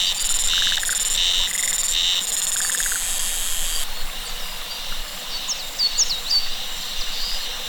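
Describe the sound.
Cicadas buzzing, a high pulsed drone in repeated bursts that turns into a steady hiss, with a low pulsing trill early on and short curling chirps later.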